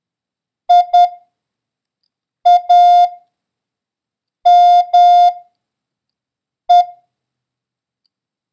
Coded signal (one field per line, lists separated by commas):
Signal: Morse code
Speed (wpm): 10 wpm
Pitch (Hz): 710 Hz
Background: none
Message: IAME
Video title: International Morse Code: Lesson 2